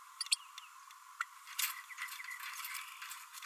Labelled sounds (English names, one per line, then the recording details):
Green-rumped Parrotlet babbling
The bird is a female
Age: 30 days
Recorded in a nest box in Venezuela
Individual 17B32A5